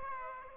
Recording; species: mosquito wingbeat signal from an infrared sensor; Aedes aegypti